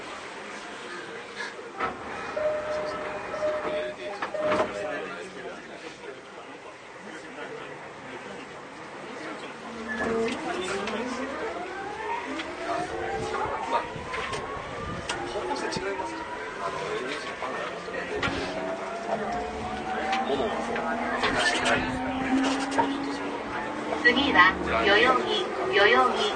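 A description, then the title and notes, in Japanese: Inside an electric commuter train, a low rumble and faint voices fill the first ten seconds. Then the motors begin a rising whine that climbs in pitch in repeated sweeps, while wheel clatter and rumble grow steadily louder as the train speeds up. JR209系 秋葉原〜新宿。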